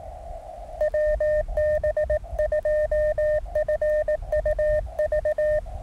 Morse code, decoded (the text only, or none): WB2FUV